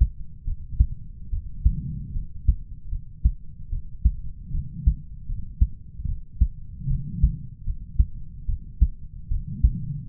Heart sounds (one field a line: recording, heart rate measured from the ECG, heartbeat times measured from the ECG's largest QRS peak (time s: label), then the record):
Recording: heart sounds by stethoscope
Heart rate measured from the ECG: 75 bpm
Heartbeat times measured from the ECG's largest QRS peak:
0.44 s: heartbeat
1.30 s: heartbeat
2.12 s: heartbeat
2.89 s: heartbeat
3.69 s: heartbeat
4.51 s: heartbeat
5.26 s: heartbeat
6.05 s: heartbeat
6.87 s: heartbeat
7.64 s: heartbeat
8.46 s: heartbeat
9.28 s: heartbeat
10.08 s: heartbeat
From the record:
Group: healthy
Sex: male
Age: 20 years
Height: 187 cm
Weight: 68.9 kg